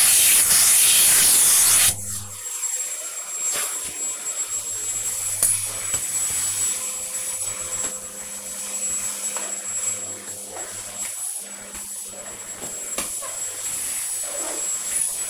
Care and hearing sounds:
household activities, microphone on the right wrist
0.00-15.30 s: vacuum cleaning

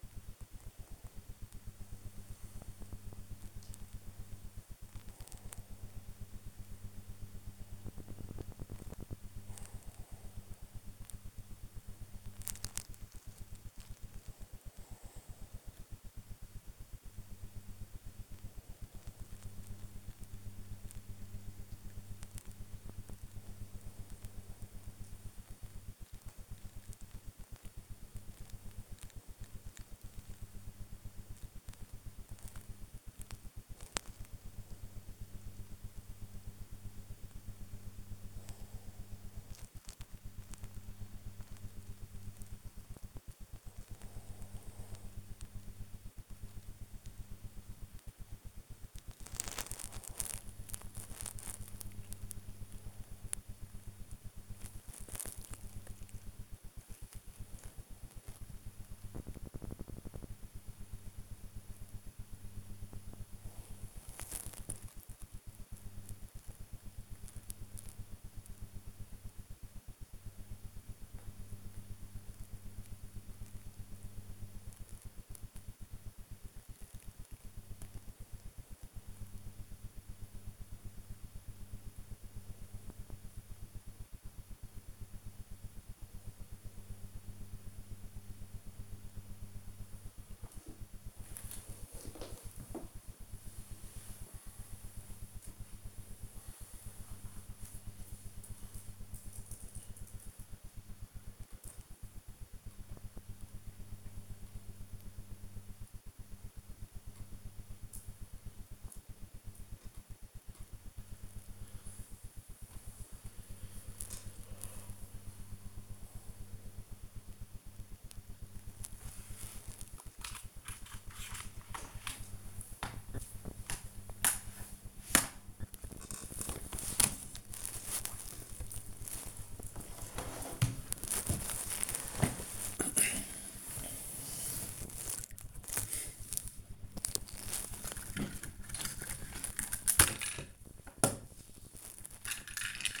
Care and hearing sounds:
household activities, microphone on the right wrist
0.00-106.56 s: working on the computer
109.59-143.00 s: working on the computer

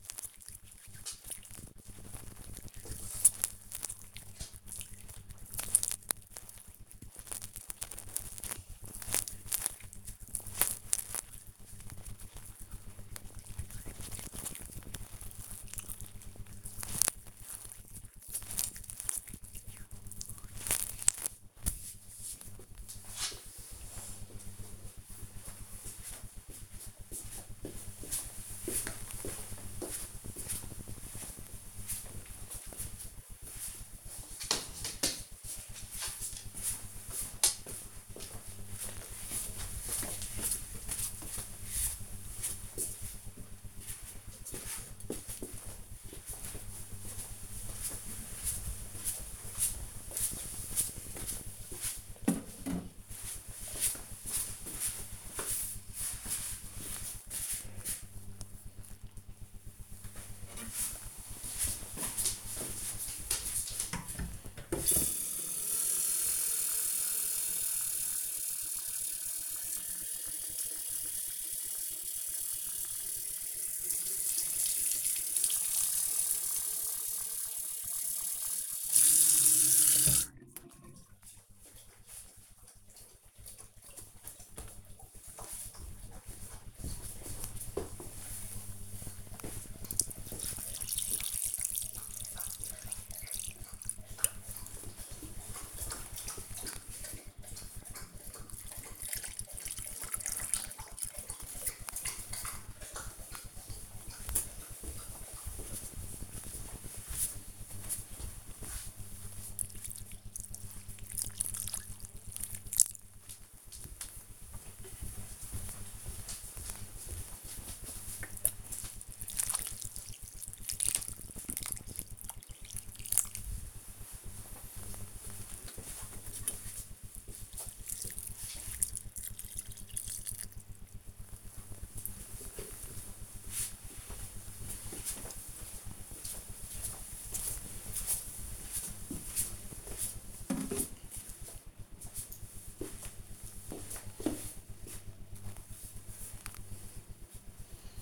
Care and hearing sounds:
household activities, microphone on the right wrist
0.00-23.06 s: cream hands
59.28-131.72 s: watering plant

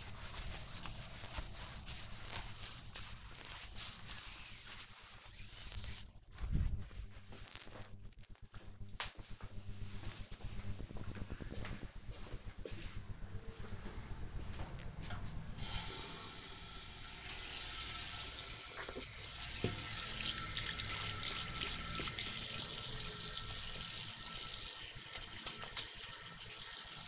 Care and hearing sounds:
household activities, microphone on the right wrist
0.00-6.54 s: window cleaning
15.60-27.08 s: washing hands

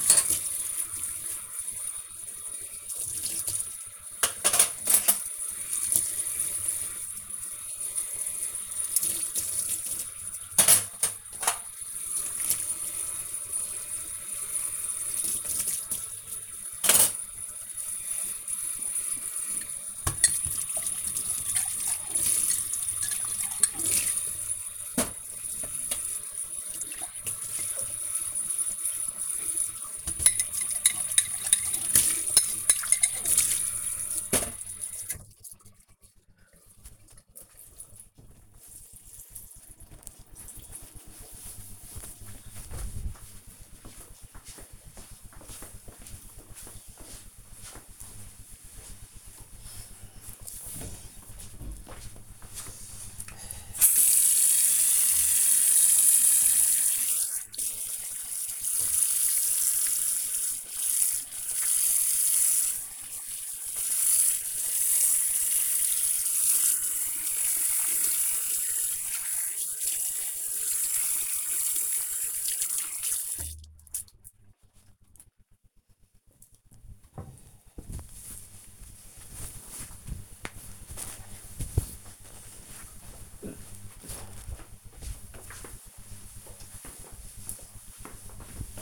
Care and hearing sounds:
household activities, microphone on the right wrist
0.00-34.76 s: washing dishes
53.89-76.03 s: washing hands

